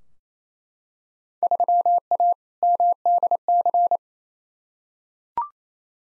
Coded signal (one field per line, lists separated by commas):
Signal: Morse code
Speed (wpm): 29 wpm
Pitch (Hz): 700 Hz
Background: none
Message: 3A MDC